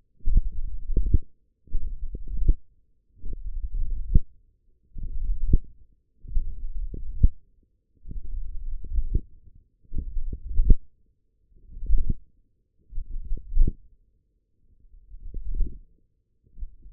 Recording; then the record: forearm muscle sounds (acoustic myography)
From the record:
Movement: index flexion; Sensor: system 1, eight BSWA MPA416 microphones around the upper forearm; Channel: 6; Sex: male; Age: 18 years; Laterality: right